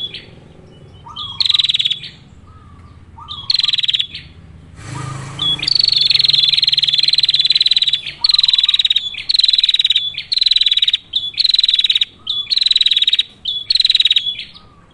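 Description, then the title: Prinia giving dry, buzzy pulsed rattles in short bursts, with one long continuous trill near the middle, then bursts repeated about every second. Female calling a male with rolling 'ngerol' calls; masteran used to train cagebirds. "Prenjak Betina Masteran Betina Ngerol ngerol Memanggil Jantan"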